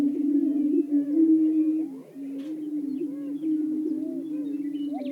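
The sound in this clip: Greater prairie-chickens booming in a chorus, a steady low hooting drone under rising and falling cackling whoops, with a brief dip in the drone around two seconds.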